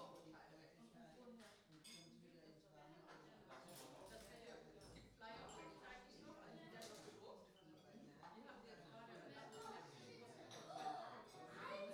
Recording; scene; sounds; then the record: everyday scene through a hearing-aid microphone; many people talking; many voices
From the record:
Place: parish hall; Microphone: in the ear canal, right